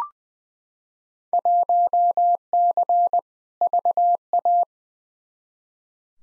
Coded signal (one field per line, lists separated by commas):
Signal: Morse code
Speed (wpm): 20 wpm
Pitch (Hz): 700 Hz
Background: none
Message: 1C VA